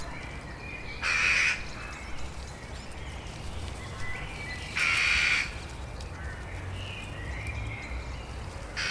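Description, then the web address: Eurasian jackdaw calls: two grating, harsh notes about four seconds apart, with soft high bird calls and steady hissing noise. "Madardalok - Csóka"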